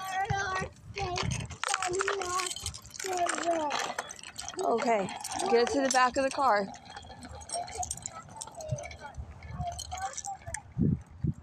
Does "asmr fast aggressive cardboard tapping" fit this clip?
no